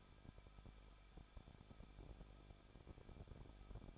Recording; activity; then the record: daily activity, microphone in the room; no activity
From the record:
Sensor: 5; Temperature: 20.8 degrees Celsius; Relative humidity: 38.2%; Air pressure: 1006.7 hPa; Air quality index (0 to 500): 184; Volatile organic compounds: 17 ppm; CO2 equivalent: 2578 ppm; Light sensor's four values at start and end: 2/3/1/1 and 2/3/1/1